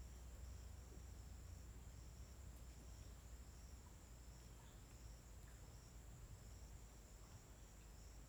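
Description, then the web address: Crickets give an even, constant high-pitched trill, a lower band pulsing softly in and out, all over a strong low rumble. Daytime ambience at a riverside in forest in Tocantins, with crickets described as uniform. "Ambiente na beira do rio na mata com passaros e grilos homogeneos dia. local tocantins"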